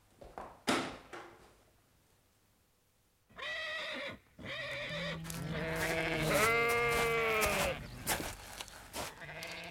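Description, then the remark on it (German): Sheep bleat in a paddock, a string of loud, wavering, nasal calls that overlap and carry on for several seconds after a few brief knocks and a short lull. “Wie ich sehe, haben Sie auch einige Schafe auf der Koppel, Colonel Ross.”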